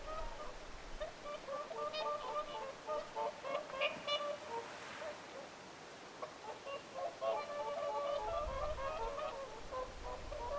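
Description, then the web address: Whooper swans giving many overlapping trumpeting calls in quick succession, a busy chorus of nasal honks that rises and falls in intensity. Several whooper swans calling at Lintulahti on 6 November 2025. "paivat 6 11 2025 laulujoutsenten aantelya lintulahdella"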